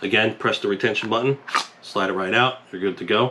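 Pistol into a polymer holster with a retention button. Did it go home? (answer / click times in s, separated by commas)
no / none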